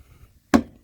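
The locking knob on the threaded rod of a plastic RotoPax fuel can mount, which has small friction tabs, is turned clockwise to lock the can in place. One sharp click is heard at 0.5 s, followed by a much fainter tick near 0.8 s. The lock seats tight at the correct tightness.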